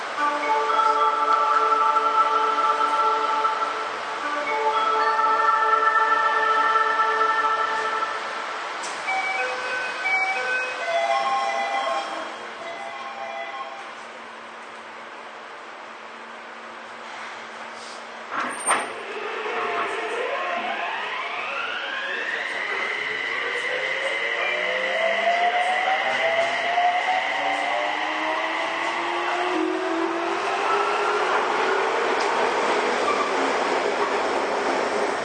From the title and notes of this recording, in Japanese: 都営6300形 西高島平ー神保町。車体は軽量ステンレス製車体であり、JR東日本の209系車両向けに開発された2シート貼り合わせ工法を採用している。